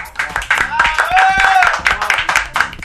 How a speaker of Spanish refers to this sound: En esta noche hemos disfrutado un hermoso set. Sí, sí, sí, aplaudan, anímense.